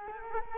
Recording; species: mosquito wingbeat signal from an infrared sensor; Culex quinquefasciatus